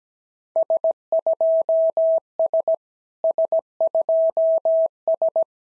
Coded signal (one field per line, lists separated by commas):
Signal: Morse code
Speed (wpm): 15 wpm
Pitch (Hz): 650 Hz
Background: none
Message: S2S S2S